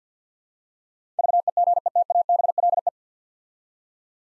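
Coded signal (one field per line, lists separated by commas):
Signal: Morse code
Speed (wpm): 50 wpm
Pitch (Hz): 700 Hz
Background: none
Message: VEGETABLE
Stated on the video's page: Morse practice sending nine-letter words three letters at a time at 50 wpm, for instant character recognition training.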